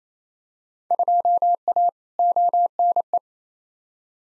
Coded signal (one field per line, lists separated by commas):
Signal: Morse code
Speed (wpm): 28 wpm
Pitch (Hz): 700 Hz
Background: none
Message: 2A ONE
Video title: Field Day Exchange v2 - 28wpm